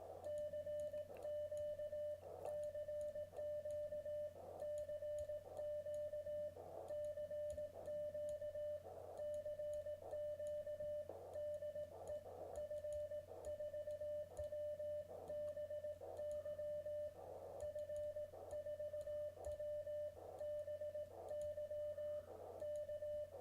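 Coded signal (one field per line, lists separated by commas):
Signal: Morse code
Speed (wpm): 18 wpm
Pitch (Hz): 600 Hz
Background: radio noise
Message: CQ CQ CQ CQ CQ DE F4WBY F4WBY K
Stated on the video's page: K1 transceiver on 30 metres.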